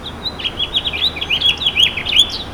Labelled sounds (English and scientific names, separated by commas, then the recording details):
House Finch (Haemorhous mexicanus) song
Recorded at Babylon on Long Island, New York, on 18 May 2013
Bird D